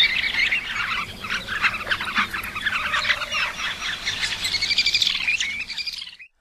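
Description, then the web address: Short-billed dowitcher calls, a continuous jumble of sharp chirping and chattering notes, busy throughout before stopping abruptly at the end. North America. "Songs of Birds of North America Stokes. Short-billed Dowitcher"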